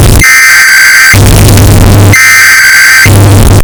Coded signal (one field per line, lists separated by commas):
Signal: Emergency Alert System (SAME) tones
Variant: header bursts